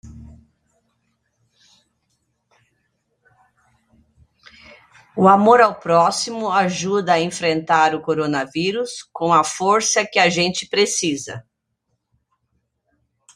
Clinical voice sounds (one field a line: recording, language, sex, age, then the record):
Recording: spoken sentence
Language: Brazilian Portuguese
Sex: female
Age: 60 to 69 years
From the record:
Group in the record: control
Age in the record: 60 years